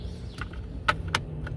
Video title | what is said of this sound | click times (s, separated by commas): Jaguar FX 2009-2013 Rear Body Control Module Replacement And programming | You have to hear the noise click, | 0.9 s, 1.2 s